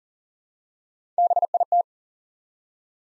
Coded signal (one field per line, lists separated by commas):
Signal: Morse code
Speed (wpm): 39 wpm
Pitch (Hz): 700 Hz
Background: none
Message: BIT